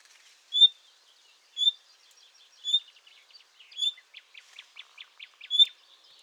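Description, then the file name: Common nightingale sounding high whistles about once a second, with a longer pause before the last, while a quieter dry ticking rattle runs between the later notes. "Luscinia megarhynchos"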